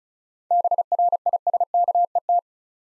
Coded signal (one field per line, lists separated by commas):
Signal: Morse code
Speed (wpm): 36 wpm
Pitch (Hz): 700 Hz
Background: none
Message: BRISKET